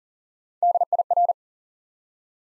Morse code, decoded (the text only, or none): DIR